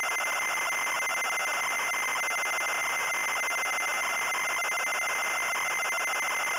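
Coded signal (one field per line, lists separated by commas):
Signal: ZX Spectrum tape loading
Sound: continuous harsh buzzing data screech with a faint steady high tone throughout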